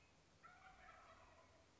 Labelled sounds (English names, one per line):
Wild Turkey